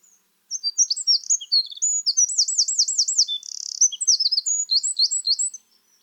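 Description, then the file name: Eurasian wren song, a loud, fast outpouring of high chirps with a rolling trill midway and a brief buzzy rattle, lasting about five seconds; no other sounds. "Troglodytes troglodytes"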